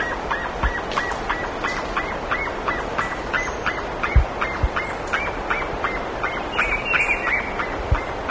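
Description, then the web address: Bird sounding quick repeated clipped notes, accompanied by occasional high chirps and a twittering burst near the end, over hiss and a few low knocks. "BIRD 2015 SABIOD 50 bird 2015"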